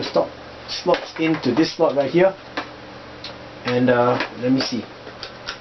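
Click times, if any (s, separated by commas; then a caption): 5.2 s, 5.5 s. Someone talks while a spring-loaded plastic accessory holder is pushed into the mount slot on a toy foam blaster, a G.I. Joe Battle Kata blaster. Two short clicks at 5.2 s and 5.5 s mark it seating firmly in place.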